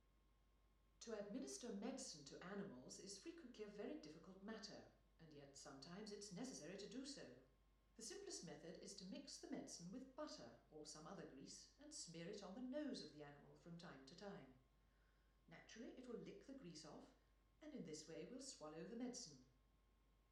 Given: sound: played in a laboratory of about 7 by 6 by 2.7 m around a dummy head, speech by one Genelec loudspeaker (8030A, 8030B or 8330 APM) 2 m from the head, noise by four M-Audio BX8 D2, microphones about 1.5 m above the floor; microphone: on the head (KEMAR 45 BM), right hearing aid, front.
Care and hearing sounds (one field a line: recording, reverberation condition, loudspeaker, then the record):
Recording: female speech in English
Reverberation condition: medium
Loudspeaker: 150 degrees to the right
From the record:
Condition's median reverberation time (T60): about 510 ms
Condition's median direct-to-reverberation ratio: about -0.5 dB